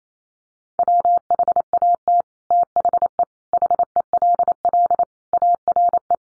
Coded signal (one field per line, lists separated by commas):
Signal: Morse code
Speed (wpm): 28 wpm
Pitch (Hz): 700 Hz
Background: none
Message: WHAT THE HELL ARE